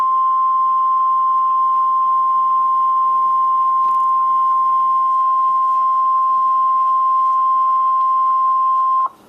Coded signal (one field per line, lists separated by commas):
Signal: Emergency Alert System (SAME) tones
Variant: 1050 Hz attention tone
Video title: (2x HEADER) EAS #693/694: Severe Weather Statement/Tornado Warning (5/31/2013)